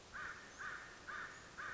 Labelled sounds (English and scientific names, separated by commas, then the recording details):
American Crow (Corvus brachyrhynchos)
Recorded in Sonoma County, California